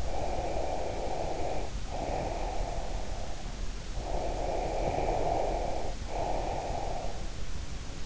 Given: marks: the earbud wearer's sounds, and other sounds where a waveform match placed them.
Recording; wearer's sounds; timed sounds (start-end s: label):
sounds in sleep by an in-ear microphone; breath
0.00-3.55 s: breath
3.95-7.32 s: breath